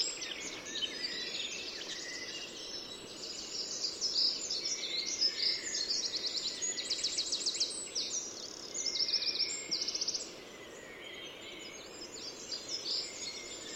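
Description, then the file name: Eurasian wren song: a long, high outpouring of rapid notes and machine-gun trills that runs for about ten seconds, then thinner notes over steady hiss. "Troglodytes troglodytes"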